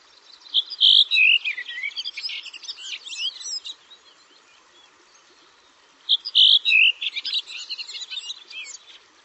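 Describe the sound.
Bird song: two phrases about five seconds apart, each opening with a few clear high whistled notes, then a rapid jumbled warble of twittering notes that fades out.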